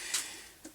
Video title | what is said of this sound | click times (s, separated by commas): Caisse à outils carrelage - Matos de Pro - LJVS | aspirateur fait ça s'emboîte | 0.2 s, 0.7 s